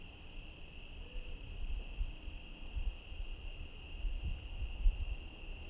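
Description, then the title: Crickets trilling in one continuous, even high tone over a low rumble. Night ambience with cars in Trinity County, California, USA, dated 17/10/25 around 05:06; recorded on Zoom H1 internal XY microphones. "Trinity County, Californie, États-Unis d'Amérique - 17_10_25_05_06 grillons nuit voitures PLUIE"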